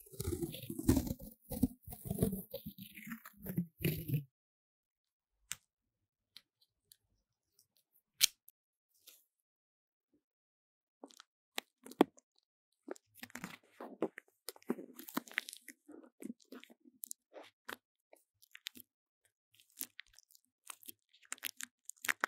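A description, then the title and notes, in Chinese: Paper tape is handled close to a microphone, with a dense rustling burst for four seconds, then scattered sharp crinkles, taps and snips. 用紙膠帶裝飾雪怪MIC| Paper tape decorating the sound of the MIC | NoTalking。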